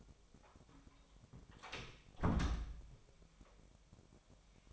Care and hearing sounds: daily activity, microphone in the room; close door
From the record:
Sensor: 1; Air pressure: 1007.3 hPa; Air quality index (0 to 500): 198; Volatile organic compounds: 19 ppm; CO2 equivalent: 2670 ppm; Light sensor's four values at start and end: 13/34/14/15 and 13/33/13/15

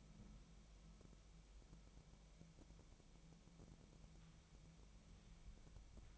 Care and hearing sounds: daily activity, microphone in the room; wipe stove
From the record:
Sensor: 1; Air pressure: 1001.6 hPa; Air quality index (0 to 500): 218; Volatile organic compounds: 28 ppm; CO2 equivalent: 2908 ppm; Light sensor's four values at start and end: 8/29/10/11 and 8/29/10/11

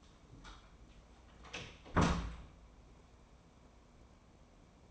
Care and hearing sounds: daily activity, microphone in the room; close door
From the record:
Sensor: 1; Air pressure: 1012.3 hPa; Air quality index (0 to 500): 164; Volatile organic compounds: 3 ppm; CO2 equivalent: 1346 ppm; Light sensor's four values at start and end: 843/1825/854/978 and 850/1840/861/985

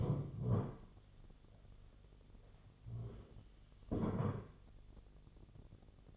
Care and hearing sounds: daily activity, microphone in the room; stand up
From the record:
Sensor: 4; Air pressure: 1016.1 hPa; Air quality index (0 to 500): 196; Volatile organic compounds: 10 ppm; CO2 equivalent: 2243 ppm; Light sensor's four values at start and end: 9/19/8/7 and 9/19/8/7

